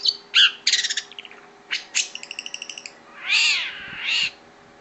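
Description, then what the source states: Long-tailed shrike song mixing a harsh nasal note, quick chattering trills and two drawn-out wailing, meow-like slurs near the end, with a low constant hum beneath. Combination song.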